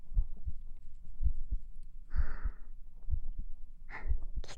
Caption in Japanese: お姉さんの心臓の音。 心臓の鼓動ってお腹の中にいる赤ちゃんが安心する音なんだって。 ぐずる赤ちゃんに聞かせてあげると よく眠ってくれる。